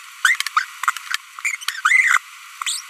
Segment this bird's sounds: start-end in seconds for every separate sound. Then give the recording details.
0.25-0.35, 0.57-0.64, 1.45-1.55, 1.85-2.18, 2.67-2.79. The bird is a female. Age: 25 days. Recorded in a nest box in Venezuela. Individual 17B42B1